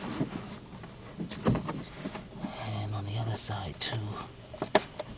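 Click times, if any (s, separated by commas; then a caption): none. A rear brake wear sensor on a 2011 BMW 740Li 3.0, replaced because of a low brake warning message, is being handled at its slot on the brake pad while someone talks. Short knocks and taps of handling are heard, the sharpest near 4.8 seconds. Nothing has seated or clicked yet.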